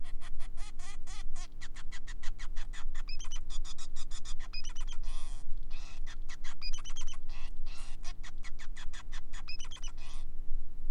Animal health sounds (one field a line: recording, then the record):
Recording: song of a male Bengalese finch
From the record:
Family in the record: son of father 5